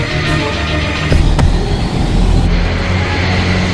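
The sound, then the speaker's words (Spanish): Police cars drive into airport grounds with a steady, loud engine rumble and hissing road noise throughout, broken by a brief sharp click partway through; no siren stands out. “Los coches policía entran en las instalaciones.”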